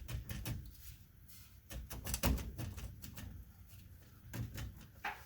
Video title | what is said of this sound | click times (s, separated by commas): Expert Tips: DIY Fix for Chevy GMC P0449 | And it'll snap, and it's in place. | 5.0 s